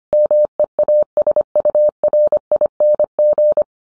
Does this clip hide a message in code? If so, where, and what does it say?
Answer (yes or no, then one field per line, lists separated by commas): yes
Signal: Morse code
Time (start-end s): 0.1-3.6 s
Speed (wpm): 25 wpm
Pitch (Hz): 600 Hz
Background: none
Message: MEASURING